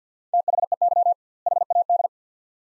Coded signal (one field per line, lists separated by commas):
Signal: Morse code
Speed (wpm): 50 wpm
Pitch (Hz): 700 Hz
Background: none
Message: THEY HAD